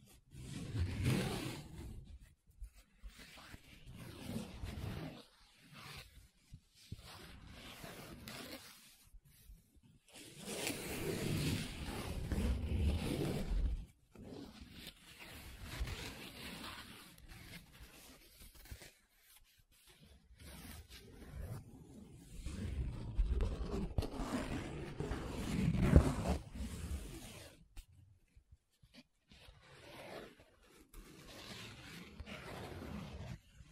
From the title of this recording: Paper Sounds Tracing, Scratching, Rubbing